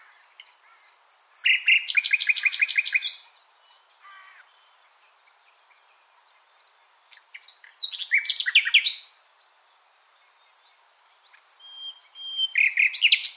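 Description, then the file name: Common nightingale song with three loud phrases separated by pauses, mixing fast repeated rattling notes, thin high whistles and sweeping slurred notes. "Luscinia megarhynchos"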